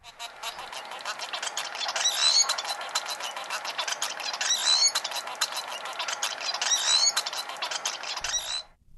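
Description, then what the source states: Munia singing, a continuous scratchy, noisy song of dense buzzy notes with a few brief squeaky whistles, lasting about eight seconds. Wild munia, ancestor of the domesticated Bengalese finch; scratchy, very noisy song, played for comparison with the domesticated bird.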